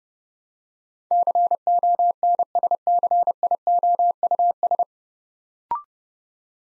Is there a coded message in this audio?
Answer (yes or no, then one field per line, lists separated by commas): yes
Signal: Morse code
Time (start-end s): 1.1-4.8 s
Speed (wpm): 30 wpm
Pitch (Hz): 700 Hz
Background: none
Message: CONSCIOUS